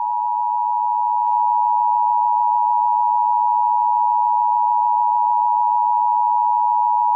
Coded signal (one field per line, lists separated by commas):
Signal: Emergency Alert System (SAME) tones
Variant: 853 and 960 Hz attention tone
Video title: The Greater Dying: A Bubonic Plague EAS Scenario